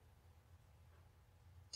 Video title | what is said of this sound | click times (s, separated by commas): Tape on Installation of an ATi 2140LP Transmitter and Rechargeable Battery | These I do not bother to tape that connector together as you will feel it clicks together and holds quite firmly. | 1.7 s